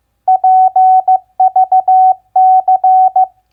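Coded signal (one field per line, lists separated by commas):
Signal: Morse code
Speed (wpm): 15 wpm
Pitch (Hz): 750 Hz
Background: none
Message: PVC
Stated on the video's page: Morse word-recognition practice of common three-letter words at 15 wpm.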